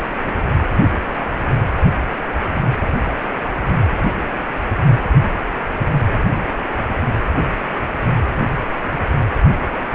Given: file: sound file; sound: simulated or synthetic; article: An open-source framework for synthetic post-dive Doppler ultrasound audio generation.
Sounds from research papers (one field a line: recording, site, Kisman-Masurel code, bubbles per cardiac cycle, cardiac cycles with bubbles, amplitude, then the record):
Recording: Doppler ultrasound audio after a dive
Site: precordial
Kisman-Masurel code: 123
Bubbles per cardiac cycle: 1–2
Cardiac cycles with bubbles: 10–50%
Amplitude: loud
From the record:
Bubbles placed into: full cardiac cycles